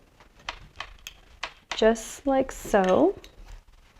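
A cable end is handled against a cable lock body that has a spring already fitted, with sharp, short ticks around 0.5, 0.8, 1.1 and 1.4 seconds before someone talks. Nothing has seated or clicked into the lock body yet.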